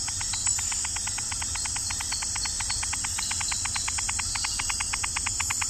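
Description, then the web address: Malkin's rain frog giving a steady series of evenly spaced clicks, roughly seven per second, against a constant shrill insect hum. Recorded in the Ecuadorian Amazon, South America. "Natures Songs. Frogs of Ecuadorian Amazon Eleutherodactylus malkini"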